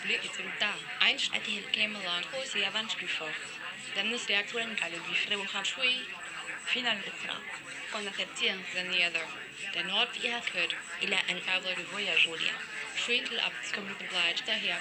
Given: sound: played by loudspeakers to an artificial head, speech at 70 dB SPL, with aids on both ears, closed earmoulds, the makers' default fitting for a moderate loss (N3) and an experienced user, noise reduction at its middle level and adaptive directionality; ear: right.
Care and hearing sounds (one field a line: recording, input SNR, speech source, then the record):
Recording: speech test signal (ISTS) in cocktail-party noise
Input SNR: -6 dB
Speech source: in front (0 degrees)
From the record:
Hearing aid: class 1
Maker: I